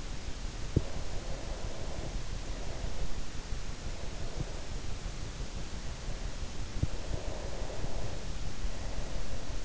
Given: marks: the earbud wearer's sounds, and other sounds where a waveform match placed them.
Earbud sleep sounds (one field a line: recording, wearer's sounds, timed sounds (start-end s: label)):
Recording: sounds in sleep by an in-ear microphone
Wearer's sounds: breath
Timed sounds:
0.70-3.12 s: breath
3.73-4.92 s: breath
6.86-9.65 s: breath